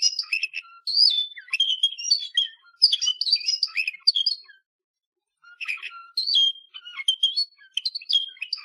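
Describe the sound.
Canary song in bursts of quick high twittering notes and whistles, broken by a brief pause of about a second before the varied chattering resumes.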